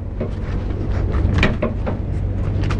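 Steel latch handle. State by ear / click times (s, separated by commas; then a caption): seated / 1.4 s. After the safety catch is removed, the fifth-wheel release handle on a truck's steel coupling is pulled and latches open, locking in place with a sharp metallic clack at 1.4 s. Softer knocks and a steady low rumble surround it.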